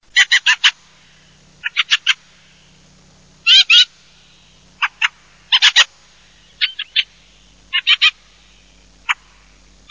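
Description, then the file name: Fieldfare calls: harsh chattering chacks given in short runs of up to four notes, repeated irregularly with pauses, against a quiet background. "CESENACAPO"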